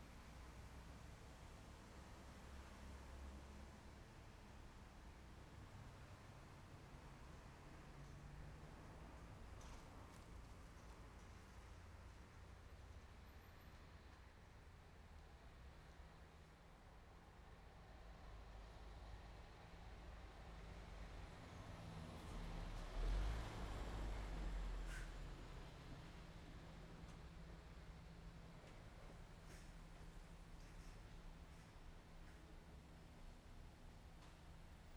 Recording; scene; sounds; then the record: everyday scene through a hearing-aid microphone; in traffic; traffic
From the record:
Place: main road on the outskirts, rush hour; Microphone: behind the ear, left, front